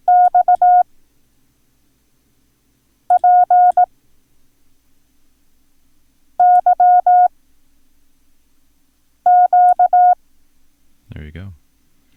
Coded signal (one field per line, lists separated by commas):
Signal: Morse code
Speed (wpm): 18 wpm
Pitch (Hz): 720 Hz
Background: speech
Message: XPYQ